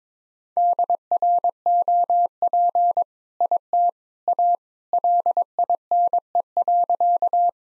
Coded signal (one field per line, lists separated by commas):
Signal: Morse code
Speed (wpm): 22 wpm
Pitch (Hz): 700 Hz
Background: none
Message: DROP IT A LINE.